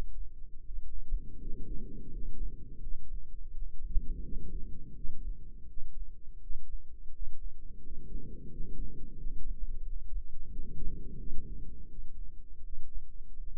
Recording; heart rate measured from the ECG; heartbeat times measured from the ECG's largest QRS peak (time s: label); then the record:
heart sounds by microphone in the left ear; 85 bpm
0.61 s: heartbeat
1.37 s: heartbeat
2.08 s: heartbeat
2.79 s: heartbeat
3.50 s: heartbeat
4.20 s: heartbeat
4.92 s: heartbeat
5.65 s: heartbeat
6.38 s: heartbeat
7.10 s: heartbeat
7.80 s: heartbeat
8.47 s: heartbeat
9.14 s: heartbeat
9.80 s: heartbeat
10.47 s: heartbeat
11.15 s: heartbeat
11.86 s: heartbeat
12.60 s: heartbeat
13.34 s: heartbeat
From the record:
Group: healthy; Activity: rest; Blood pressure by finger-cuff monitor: 112/74 mmHg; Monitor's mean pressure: 88 mmHg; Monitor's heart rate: 84 bpm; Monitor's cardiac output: 7.2 L/min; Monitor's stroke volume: 87 mL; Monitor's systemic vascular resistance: 880 dyn s/cm5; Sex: male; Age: 33 years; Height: 179 cm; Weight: 80.4 kg